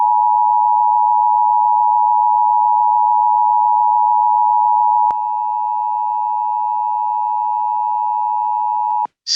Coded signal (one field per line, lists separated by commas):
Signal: Emergency Alert System (SAME) tones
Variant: 853 and 960 Hz attention tone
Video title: HIATUS CHAOS II:FIRES TESTS & STORMS( EAS Alerts from 6/19-7/16/25) EAS #656-687